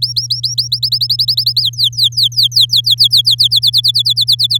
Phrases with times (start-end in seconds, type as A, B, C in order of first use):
0.02-0.68 A, 0.72-1.61 B, 1.62-3.48 C, 3.51-4.58 D